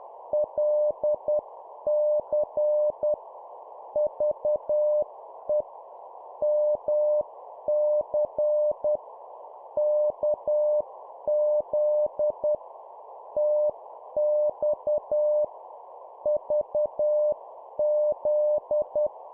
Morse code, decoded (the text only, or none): LC VE MC KZ TX VZ